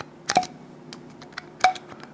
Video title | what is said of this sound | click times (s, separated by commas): S Thunder Grenade Shell Review By Watchalewknat | All the way, you'll hear it click. | 1.6 s